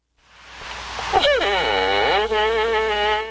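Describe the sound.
Moose call: one long, nasal moan that dips in pitch, then holds a steady, drawn-out tone for about a second.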